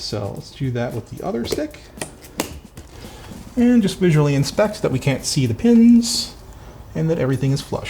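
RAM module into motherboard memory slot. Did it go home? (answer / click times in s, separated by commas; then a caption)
yes / 2.4 s. A second RAM stick is pressed down into a motherboard DIMM slot until the retention tabs click, with a sharp click at 2.4 s. Someone talks before and after the click. The module is seated and sits flush in the slot.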